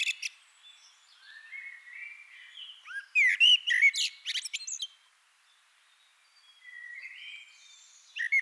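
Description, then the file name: Eurasian blackbird singing mellow fluty warbles followed by a burst of squeaky, chattering notes, a pause, then another soft fluted phrase. "Turdus merula"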